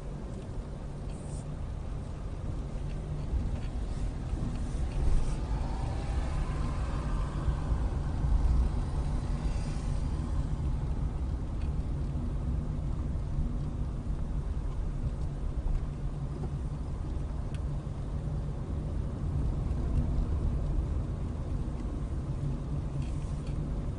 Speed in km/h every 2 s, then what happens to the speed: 10, 13, 16, 18, 18, 18, 16, 15, 15, 16, 18, 16.
0-6 speeds up to 18. 6-24 steady at about 16.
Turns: 19-24.